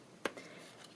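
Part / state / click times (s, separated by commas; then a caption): folding support of a wireless charging stand / seated / 0.3 s. The folding support of a mophie fabric-covered plastic wireless charging pad and stand is pushed forward by hand from the bottom to convert it to stand mode. It clicks into place at 0.3 s with a sharp, bright snap, followed by a softer settling rustle around 0.4 s. The hinge seats firmly in the stand position.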